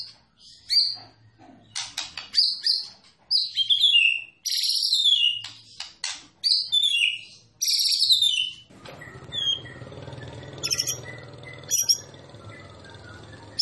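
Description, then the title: White-rumped shama song: loud varied whistles, sweeping notes and sharp chips in rapid bursts, then quieter chattering phrases over a low hum. Master song for training songbirds; a champion bird. "Masteran Murai Batu Juara"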